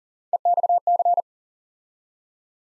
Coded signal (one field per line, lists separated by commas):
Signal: Morse code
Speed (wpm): 40 wpm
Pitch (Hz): 700 Hz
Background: none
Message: EXC